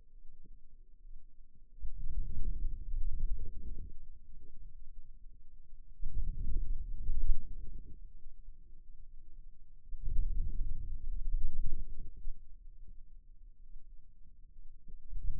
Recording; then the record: forearm muscle sounds (acoustic myography)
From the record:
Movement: outward rotation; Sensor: system 2, bracelet of six BSWA MPA416 microphones around the upper forearm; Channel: 1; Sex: male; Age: 22 years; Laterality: right